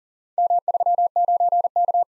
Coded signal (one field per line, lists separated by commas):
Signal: Morse code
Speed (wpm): 38 wpm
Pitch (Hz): 700 Hz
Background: none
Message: M39K